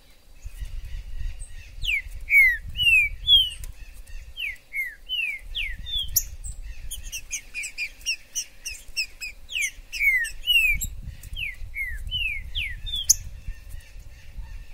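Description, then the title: Green-winged saltator song, a run of rich slurred whistles falling in pitch, repeated quickly, with high thin chirps from other birds and bursts of low rumbling noise. Recorded in the forest; used to stimulate a pet bird into singing and competitive male calling. "TRINCA FERRO no MATO"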